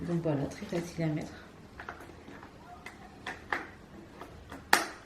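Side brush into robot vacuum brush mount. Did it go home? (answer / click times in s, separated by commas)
yes / 4.7 s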